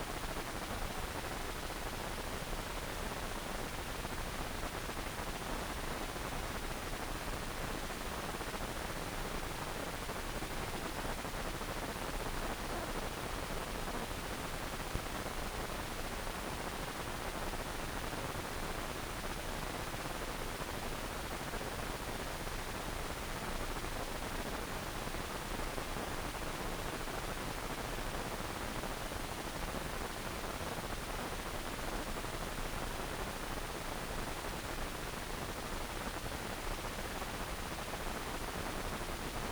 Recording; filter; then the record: brain microelectrode recording played as sound; wide band, above 20 Hz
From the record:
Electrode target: subthalamic nucleus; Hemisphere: right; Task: reaching with the left hand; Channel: 1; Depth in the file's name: 1.506 mm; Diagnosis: Parkinson's disease